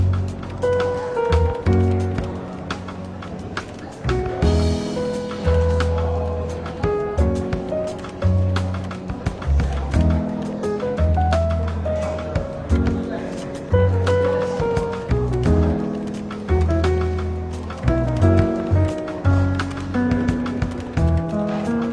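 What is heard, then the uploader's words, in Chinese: Soft jazz plays in a bookshop café, with a plucked bass stepping through low notes beneath gentle piano chords and melody. The level stays even throughout, while frequent small clicks and clatters and a faint murmur of bustle run underneath. 伦敦书店咖啡馆轻微喧闹氛围与柔和轻松的爵士背景音乐。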